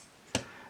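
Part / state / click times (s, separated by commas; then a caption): heel piece into the toy's leg / seated / 0.4 s. The plastic heel piece is pushed fully into the leg of a Transformers movie Bumblebee toy until a clip holds it in place. One sharp click is heard at 0.4 s over quiet background, showing the piece has seated.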